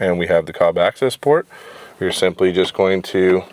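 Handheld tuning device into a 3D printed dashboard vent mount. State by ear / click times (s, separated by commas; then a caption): not seated / none. A Cobb Accessport handheld tuner is being handled beside the 3D printed plastic AC vent mount in a 2011 WRX, about to be pushed in until it clicks. Throughout the clip a man talks, with a short quieter pause around 1.5 seconds. The tuner has not been pushed in yet, so nothing has seated or clicked.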